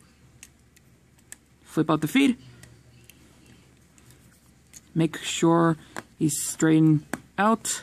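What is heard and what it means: The leg piece on the other side of a Transformers War for Cybertron Kingdom Trilogy WFC-K8 Voyager class Optimus Primal action figure is brought out and plugged into its hinge socket, with a sharp plastic click at 1.3 s and fainter clicks and taps around it. Someone talks afterward. The leg piece is seated.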